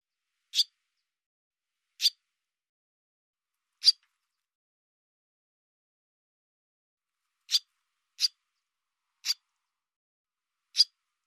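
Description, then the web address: Bird giving single sharp, dry ticking notes, seven in total, spaced irregularly, with a long pause midway. "cianscape birddata Deverinetal 2025 Bird Hi Ru"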